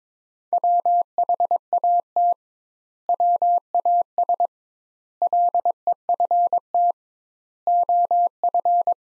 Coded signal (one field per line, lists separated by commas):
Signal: Morse code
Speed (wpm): 21 wpm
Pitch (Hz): 700 Hz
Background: none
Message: WHAT WAS LEFT OF